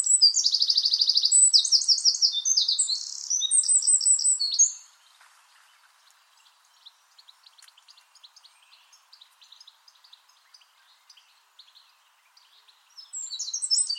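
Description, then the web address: Bird singing a rapid, high jumble of chirps and a quick trill for about five seconds, then near silence with faint ticks, before the song starts again at the end. "Bird Only"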